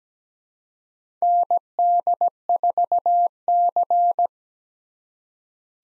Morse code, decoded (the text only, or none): ND4C